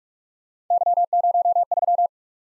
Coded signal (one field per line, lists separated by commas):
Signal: Morse code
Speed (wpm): 51 wpm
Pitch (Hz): 700 Hz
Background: none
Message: Y03